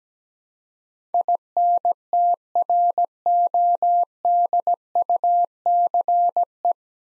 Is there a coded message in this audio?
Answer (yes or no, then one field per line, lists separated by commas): yes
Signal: Morse code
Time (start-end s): 1.1-6.7 s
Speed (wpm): 17 wpm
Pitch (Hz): 700 Hz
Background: none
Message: INTRODUCE